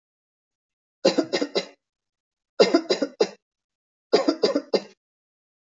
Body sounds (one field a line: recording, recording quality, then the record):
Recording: shallow voluntary cough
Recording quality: excellent, no background noise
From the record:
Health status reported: healthy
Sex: male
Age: 40 years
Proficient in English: yes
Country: India